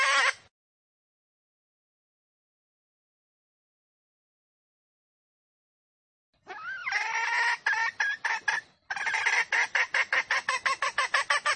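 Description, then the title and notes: Junglefowl call: one brief harsh note, a long silence, then a wavering note followed by rapid harsh clucks. Female junglefowl calls used as a lure to attract junglefowl. "Pancingan Ayam Hutan Betina. Suara Ayam Hutan Betina. Pemikat Ayam Hutan"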